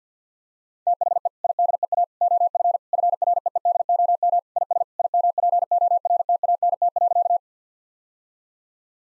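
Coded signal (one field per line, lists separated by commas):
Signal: Morse code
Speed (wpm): 50 wpm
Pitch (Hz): 700 Hz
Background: none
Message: THE IDEA OF FREEDOM IS IMPORTANT.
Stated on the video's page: Morse practice sets at 50 wpm: sentences with common three-word phrases, each sent, then spoken, then sent again for head-copy.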